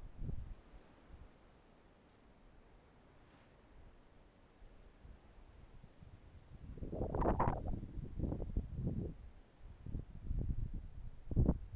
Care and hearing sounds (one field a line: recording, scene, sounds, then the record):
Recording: everyday scene through a hearing-aid microphone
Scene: wind on the microphone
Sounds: wind, traffic, birds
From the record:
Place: suburban garden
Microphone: behind the ear, right, rear